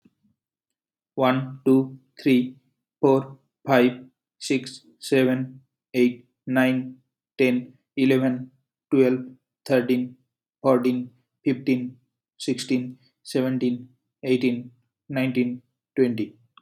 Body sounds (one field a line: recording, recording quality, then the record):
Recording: counting at a normal pace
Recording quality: excellent, no background noise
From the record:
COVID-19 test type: RT-PCR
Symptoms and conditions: cough, cold, breathing difficulty, sore throat, loss of smell and taste, asthma, hypertension, diabetes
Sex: male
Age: 23 years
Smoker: no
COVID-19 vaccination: both doses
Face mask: not worn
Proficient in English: yes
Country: India